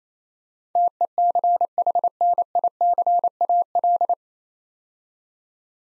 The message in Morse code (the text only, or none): TECHNICAL